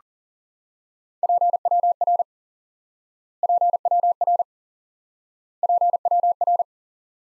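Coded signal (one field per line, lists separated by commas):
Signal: Morse code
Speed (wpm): 40 wpm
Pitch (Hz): 700 Hz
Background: none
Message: PWR PWR PWR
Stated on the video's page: Morse drill of common QSO elements for instant word recognition, single element repeated.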